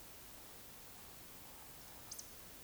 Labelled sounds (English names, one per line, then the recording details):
Eurasian Woodcock whistle
Eurasian Woodcock croak
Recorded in Baden-Württemberg, Germany, on 20 May 2021 at 19:55 UTC
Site 24606, 635 m above sea level